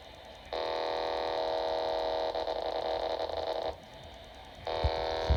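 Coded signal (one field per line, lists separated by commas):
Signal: unidentified radio signal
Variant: amplitude shift keying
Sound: harsh buzzing keyed data burst for three seconds, a pause, then another burst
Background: radio static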